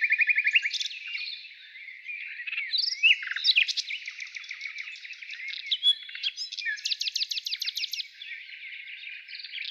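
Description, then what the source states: Nightingale song opening with a fast trill, then a busy mix of chirps, whistles and an even rapid rattle near the end. Morning song.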